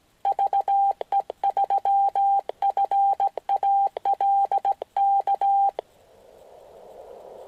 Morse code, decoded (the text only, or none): VE3FAL K